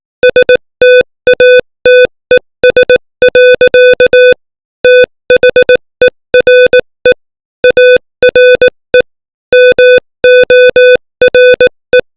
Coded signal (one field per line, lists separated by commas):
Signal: Morse code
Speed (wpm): 18 wpm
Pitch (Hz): 500 Hz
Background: music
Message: STATES. THERE ARE MORE